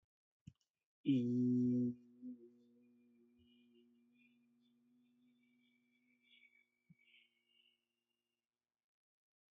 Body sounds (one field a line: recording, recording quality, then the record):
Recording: sustained vowel as in beet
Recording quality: excellent, no background noise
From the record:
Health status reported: healthy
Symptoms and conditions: cough, cold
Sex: male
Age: 39 years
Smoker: not ticked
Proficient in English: yes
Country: India